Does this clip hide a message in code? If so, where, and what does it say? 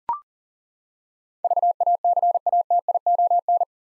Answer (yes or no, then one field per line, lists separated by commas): yes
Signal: Morse code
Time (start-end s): 1.4-3.6 s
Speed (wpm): 40 wpm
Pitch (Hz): 700 Hz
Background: none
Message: VACATION